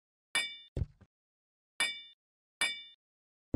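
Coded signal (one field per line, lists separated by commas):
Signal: none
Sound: a game's chime sounds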